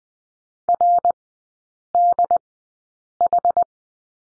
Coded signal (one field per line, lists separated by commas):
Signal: Morse code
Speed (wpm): 20 wpm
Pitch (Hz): 700 Hz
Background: none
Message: RDH